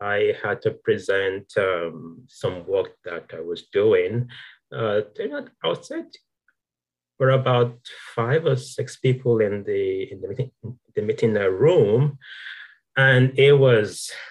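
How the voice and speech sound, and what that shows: An adult man speaks with stuttering: several sounds are drawn out, and silent pauses, one about a second long, break up his phrases.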